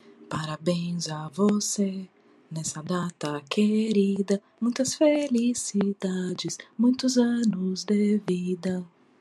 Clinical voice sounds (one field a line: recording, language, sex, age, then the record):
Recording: short text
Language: Brazilian Portuguese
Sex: female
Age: 30 to 39 years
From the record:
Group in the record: control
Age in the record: 32 years